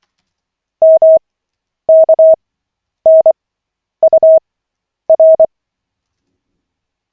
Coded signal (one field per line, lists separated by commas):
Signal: Morse code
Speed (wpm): 24 wpm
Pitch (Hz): 640 Hz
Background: none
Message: MKNUR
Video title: Koch 6/40, 27.12.2024, 1st CW practice session